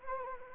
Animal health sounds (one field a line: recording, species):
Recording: mosquito wingbeat signal from an infrared sensor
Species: Anopheles gambiae